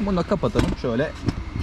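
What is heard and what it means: A hand pushes the plastic storage compartment lid on the front fairing of a Kuba Space 50 (80 cc) 50cc scooter toward closed while someone talks. The lid is being handled, and nothing has seated or clicked yet.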